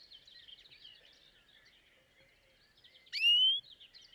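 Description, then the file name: European greenfinch call: one loud rising nasal buzz, with faint twittering throughout. "Chloris chloris"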